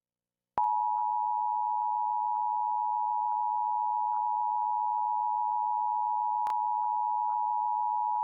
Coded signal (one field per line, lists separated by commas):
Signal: Emergency Alert System (SAME) tones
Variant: 853 and 960 Hz attention tone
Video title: [EAS #1476-#1488] A Day of Monthly Tests